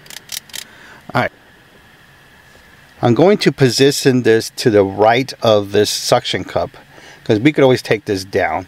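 An adhesive windshield mount is pushed onto the plastic front housing of a TOGUARD dual dash cam before installing on the windshield, with a few sharp plastic clicks early on and the mount audibly locking in at 0.4 s. Someone then talks about positioning it to the right of a suction cup.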